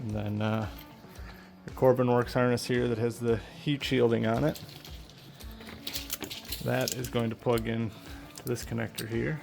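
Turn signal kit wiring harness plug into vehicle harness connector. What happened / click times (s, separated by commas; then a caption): Connector handled, not yet plugged in / none. Someone talks while handling the heat-shielded aftermarket Corbin Works turn signal (blinker) kit wiring harness for a Can-Am Commander G2, bringing its connector to the vehicle harness connector it will plug into. A few short, sharp handling sounds come between about 5.1 and 6.5 seconds. The connector has not been pushed in or clicked yet.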